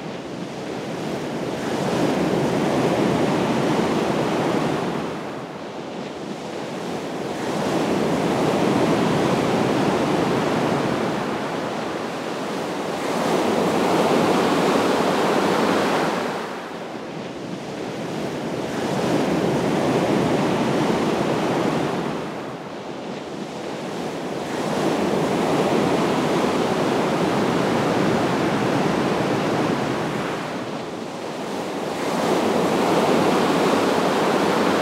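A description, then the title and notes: Rough surf crashes against the shore in a steady, rolling rhythm, each wave building to a dense roar and easing off about every five to six seconds. The sound is full, with a constant wash of churning water and wind underneath. Mighty waves crash against the shore. The rhythmic ebb and flow of the turbulent waters. Sounds of rough surf.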